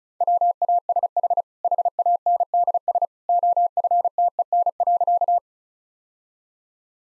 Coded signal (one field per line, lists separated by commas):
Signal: Morse code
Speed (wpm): 34 wpm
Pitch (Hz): 700 Hz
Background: none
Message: WASH HANDS OFTEN.